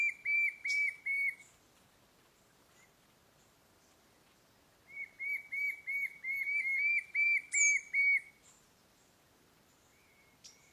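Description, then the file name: White-shouldered fire-eye giving repeated whistled notes in rhythmic runs, a short series of about four then a longer one of about a dozen notes, with occasional high, sharp bird calls behind. "Canto do papa taoca do sul"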